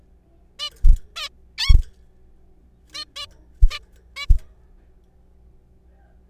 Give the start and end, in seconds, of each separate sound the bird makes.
0.59-0.70, 1.16-1.29, 1.58-1.74, 2.94-3.04, 3.16-3.26, 3.70-3.79, 4.16-4.26